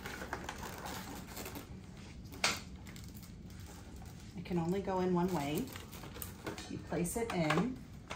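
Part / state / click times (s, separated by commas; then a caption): oxygenator into ECMO console drive holder / not seated / none. An ECMO oxygenator, which fits only one way, is placed into the console's drive unit holder, with handling noises and a sharp knock near 2.4 s while someone talks. It has not yet been turned to the left to lock, and nothing has seated or clicked yet.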